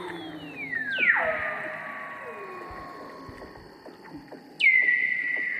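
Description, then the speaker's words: Weddell seal underwater song with sliding descending whistles, one sharp high note dropping into a sustained tone near the end, and faint clicking and crackling beneath. Underwater song recorded by hydrophone through a hole in the sea ice on Ross Island, Antarctica; space-like, bird-call and jungle-like sounds; background clicks and crackling probably from snapping shrimps. "Wow, I have been sitting here completely mesmerised by the Weddell Seal Symphony. All of those sounds, the space sounds, those bird calls, jungle sounds, everything is seal song."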